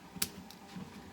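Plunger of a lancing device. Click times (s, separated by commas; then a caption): 0.2 s. The plunger end of a plastic lancing device is pulled back until it latches with a sharp snap at 0.2 s, followed by a fainter tick at 0.5 s. The device is cocked and ready to use.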